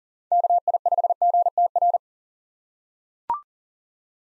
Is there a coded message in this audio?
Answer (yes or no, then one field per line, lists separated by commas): yes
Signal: Morse code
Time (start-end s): 0.3-2.0 s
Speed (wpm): 40 wpm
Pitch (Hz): 700 Hz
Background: none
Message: KI5GTR